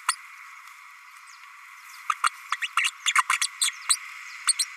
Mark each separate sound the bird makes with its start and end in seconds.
0.08-0.15, 2.23-2.30, 2.52-2.56, 2.61-2.68, 2.83-2.91, 3.06-3.13, 3.29-3.39, 3.41-3.47, 3.60-3.71, 3.89-3.98, 4.47-4.54, 4.59-4.65